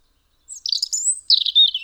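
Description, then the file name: European robin song phrase: thin, high warbling notes with a sweeping whistle, then a brighter, louder trill lower down. No other sounds are clear. "Erithacus rubecula"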